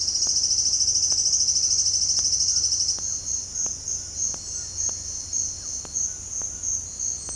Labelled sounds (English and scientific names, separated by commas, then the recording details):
Silvered Antbird (Sclateria naevia), White-throated Toucan (Ramphastos tucanus)
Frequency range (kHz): Silvered Antbird (Sclateria naevia) 2.0-12.5 kHz; White-throated Toucan (Ramphastos tucanus) 0.7-2.4 kHz
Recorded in dense forest near Puerto Asís, Putumayo, Colombia, on 18 February 2024 at 07:00
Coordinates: 0.487, -76.319
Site G6403